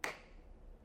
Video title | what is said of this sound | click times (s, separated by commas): My Favorite Overland Fridge to Date! IceCo APL55 Dual Zone | it's a very satisfying close or latch uh Everything | 0.0 s